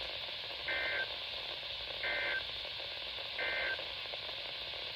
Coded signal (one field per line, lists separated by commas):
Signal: Emergency Alert System (SAME) tones